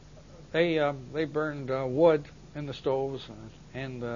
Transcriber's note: none